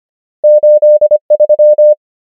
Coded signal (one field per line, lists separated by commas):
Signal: Morse code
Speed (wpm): 25 wpm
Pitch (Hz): 600 Hz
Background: none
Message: 8 3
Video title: morse code practice | 25wpm | 25fw | numbers | ENGLISH